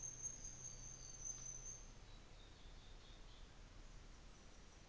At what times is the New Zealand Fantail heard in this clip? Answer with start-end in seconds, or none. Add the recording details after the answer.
0.00-2.16, 3.45-4.83. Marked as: faintness 2/5, faintness 5/5. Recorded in New Zealand on 24 December 2018. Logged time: 13:05